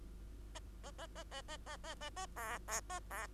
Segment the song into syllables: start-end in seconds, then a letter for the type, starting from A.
0.55-0.59 A, 0.83-0.91 A, 0.98-1.07 A, 1.15-1.24 A, 1.31-1.42 A, 1.48-1.57 A, 1.66-1.77 A, 1.83-1.95 A, 2.01-2.10 A, 2.17-2.26 A, 2.36-2.58 B, 2.67-2.81 B, 2.89-3.00 A, 3.10-3.27 B